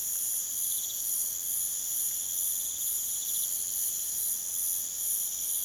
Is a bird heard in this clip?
no